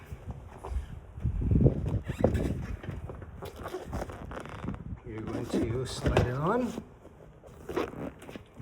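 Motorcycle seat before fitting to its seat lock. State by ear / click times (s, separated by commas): not seated / none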